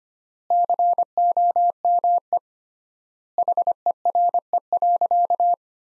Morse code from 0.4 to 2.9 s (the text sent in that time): COME